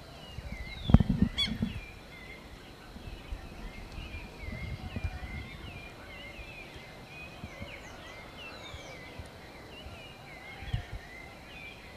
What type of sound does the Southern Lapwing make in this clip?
call